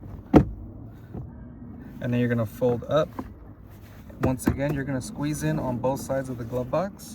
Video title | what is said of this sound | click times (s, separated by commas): Toyota Corolla How To Replace The Cabin/AC Air Filter 2020 - 2025 | You're gonna push in until you hear a click. | 0.4 s